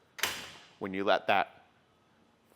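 A loaded Thule Epos 2 hitch bike rack on a 2022 Toyota 4Runner is pulled toward the user and tilted down away from the vehicle. Its metal tilt latch on the hitch mount gives a sharp tick at 0.2 s as it locks into place, and then someone talks. The latch is seated.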